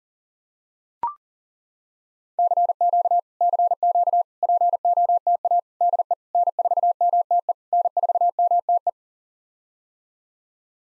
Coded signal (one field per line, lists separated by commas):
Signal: Morse code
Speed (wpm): 40 wpm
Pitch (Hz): 700 Hz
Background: none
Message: CQ CQ POTA DE N4MTE N4MTE